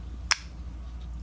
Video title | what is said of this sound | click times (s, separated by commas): F40 Piercer by Steel Will | Clicks, very satisfying click. | 0.3 s